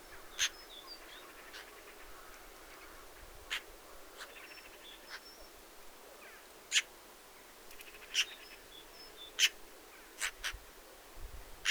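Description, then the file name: Eurasian magpie uttering scattered harsh, chacking calls, sometimes in short clusters, with soft high whistled notes from small birds. "Pica pica"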